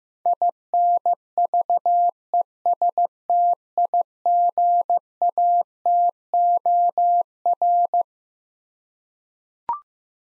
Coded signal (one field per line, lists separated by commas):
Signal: Morse code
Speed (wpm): 16 wpm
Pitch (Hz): 700 Hz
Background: none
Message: INVESTIGATOR